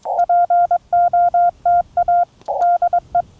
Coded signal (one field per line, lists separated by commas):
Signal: Morse code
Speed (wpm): 22 wpm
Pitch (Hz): 700 Hz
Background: none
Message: POTA DE